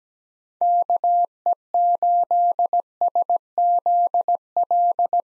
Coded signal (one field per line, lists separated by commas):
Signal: Morse code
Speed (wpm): 17 wpm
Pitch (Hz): 700 Hz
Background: none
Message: KE8SZL